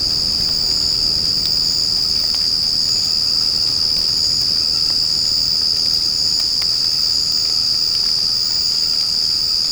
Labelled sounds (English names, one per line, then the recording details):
none
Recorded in secondary vegetation near Puerto Asís, Putumayo, Colombia, on 12 March 2025 at 00:00
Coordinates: 0.481, -76.318
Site G097